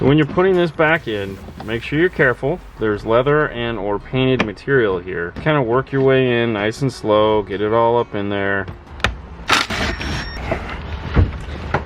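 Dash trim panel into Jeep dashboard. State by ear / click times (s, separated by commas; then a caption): seated / 9.0 s. A dash trim panel going into a Jeep dashboard over leather or painted material is worked slowly into place while someone talks. At 9.0 s it is pressed home with a sharp snap, and the panel is seated.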